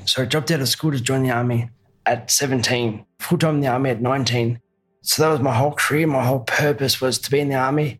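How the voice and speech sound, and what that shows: Adult male army veteran speaking with dysarthria, caused by a brain injury (bifrontal lobe bruising and diffuse axonal injury) from a Black Hawk helicopter crash in Afghanistan. The condition affects the muscles and their coordination, as well as swallowing of saliva. He had to relearn talking after a three-month coma.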